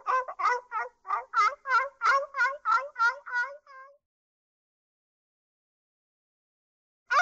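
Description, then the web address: Dog yapping rapidly for about four seconds, then silence, with one more bark right at the end. "собаки"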